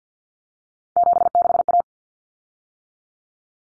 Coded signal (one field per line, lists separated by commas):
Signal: Morse code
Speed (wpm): 50 wpm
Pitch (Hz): 700 Hz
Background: none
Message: 76A